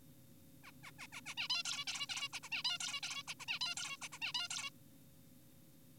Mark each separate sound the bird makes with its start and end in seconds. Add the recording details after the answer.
0.64-0.71, 0.84-0.91, 0.99-1.07, 1.12-1.21, 1.26-1.34, 1.38-1.48, 1.50-1.63, 1.65-1.85, 1.87-2.07, 2.09-2.29, 2.33-2.40, 2.43-2.49, 2.52-2.63, 2.65-2.78, 2.80-3.00, 3.03-3.23, 3.28-3.34, 3.40-3.46, 3.48-3.59, 3.61-3.75, 3.77-3.97, 4.02-4.08, 4.12-4.19, 4.22-4.33, 4.35-4.48, 4.51-4.70. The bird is an adult. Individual g4p5U